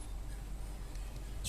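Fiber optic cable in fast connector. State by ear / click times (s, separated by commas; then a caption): not seated / none. A stripped fiber optic cable is handled in a fiber optic fast connector before the connector is closed and locked, giving a low, steady background rumble with faint soft handling noise. A brief brighter burst of high-frequency noise comes at the very end. Nothing has seated or clicked yet.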